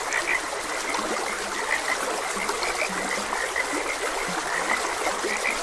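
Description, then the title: Frogs give rapid chirps mixed with a few short, low croaks, while stream water runs steadily underneath. Frogs croaking beside a gentle stream. "Gentle Stream and Frogs Croaking"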